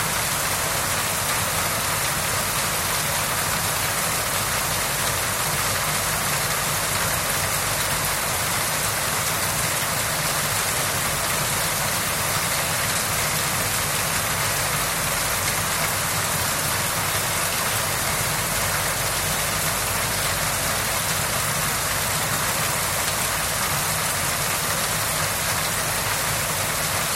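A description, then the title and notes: Rain falls steadily on hut roofs, a dense, even hiss with constant patter and a low rumble underneath, unchanging throughout. The B-side shares open fields and the sounds of rain on the village hut roofs. Harvest season of the Pgak’yau (Karen) community.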